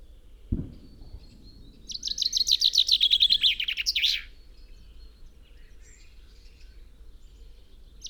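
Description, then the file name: Common chaffinch song: one descending trill of about two seconds ending in a flourish, after a single sharp knock. "Fringilla coelebs"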